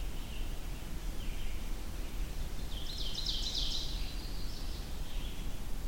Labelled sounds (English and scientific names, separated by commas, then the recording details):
Ovenbird (Seiurus aurocapilla) song
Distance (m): 40 m
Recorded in boreal forest in Alberta, Canada, on 23 June 2016 at 07:02
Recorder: SongMeter 3, array SBT-6-76
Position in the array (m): 305 m, 110 m
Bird 1